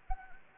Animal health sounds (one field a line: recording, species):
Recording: mosquito wingbeat signal from an infrared sensor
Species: Anopheles gambiae